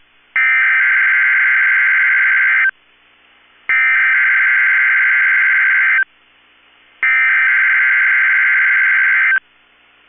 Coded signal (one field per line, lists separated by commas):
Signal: Emergency Alert System (SAME) tones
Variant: header bursts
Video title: 4/19/23 - KEC65 Required Weekly Test (EAS #760)